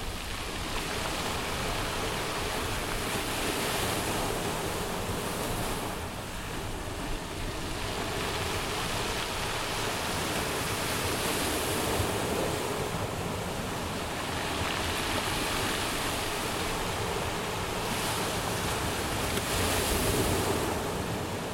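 Black Sea water makes a steady, dense rush that fills the whole 22 seconds with no pauses. Brighter hissing swells rise and fall every few seconds, around 4, 11, 12, 18 and 20 seconds, like waves breaking and washing back, over a constant low rumble.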